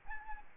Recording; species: mosquito wingbeat signal from an infrared sensor; Aedes albopictus